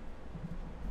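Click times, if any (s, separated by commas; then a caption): none. The CPU cooler fan's power cable connector is being handled and brought toward the CPU fan header on the motherboard, with only a steady, faint low rumble and broadband hiss heard. Nothing has seated or clicked yet; the connector is not yet home.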